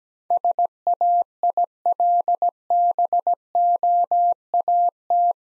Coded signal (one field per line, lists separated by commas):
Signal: Morse code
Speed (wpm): 17 wpm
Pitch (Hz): 700 Hz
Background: none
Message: SAILBOAT